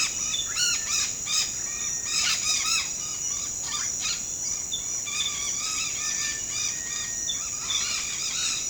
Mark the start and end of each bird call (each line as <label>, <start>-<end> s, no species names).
bird call, 0.00-4.18 s
bird call, 5.03-8.70 s